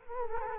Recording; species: mosquito wingbeat signal from an infrared sensor; Culex quinquefasciatus